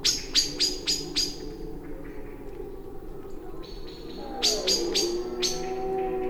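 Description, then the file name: Common blackbird uttering a fast run of sharp clicking notes, then a second burst, with a low drawn-out drone underneath. "Turdus merula"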